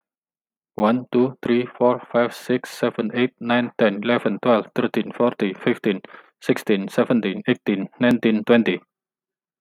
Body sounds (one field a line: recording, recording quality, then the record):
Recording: counting at a fast pace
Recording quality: excellent, no background noise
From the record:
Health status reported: exposed to COVID-19, no respiratory illness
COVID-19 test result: negative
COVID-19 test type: RT-PCR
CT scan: not taken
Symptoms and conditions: sore throat, asthma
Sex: male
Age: 37 years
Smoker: no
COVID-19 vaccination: both doses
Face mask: worn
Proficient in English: no